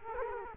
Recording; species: mosquito wingbeat signal from an infrared sensor; Culex quinquefasciatus